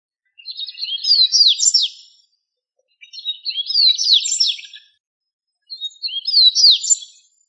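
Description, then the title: Bird singing three high twittering phrases of rapid rising and falling chirps, each lasting under two seconds with short silent gaps between. "LuckyPassaros CompletosSama"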